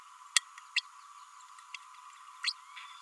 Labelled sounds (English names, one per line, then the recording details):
Green-rumped Parrotlet babbling
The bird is a female
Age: 32 days
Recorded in a nest box in Venezuela
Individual 17B32A7